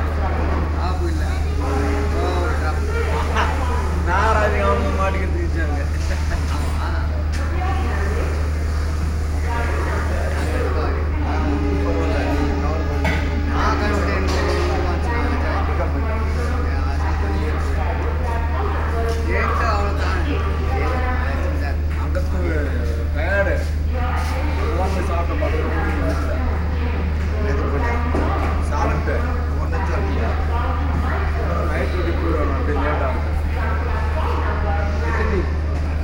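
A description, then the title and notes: A railway station at Bangalore City, filled with a dense crowd of overlapping voices talking throughout. A strong, steady low hum runs underneath the whole time, with scattered clatters and brief sharper sounds rising out of the chatter at irregular moments. Railway station : Bangalore City.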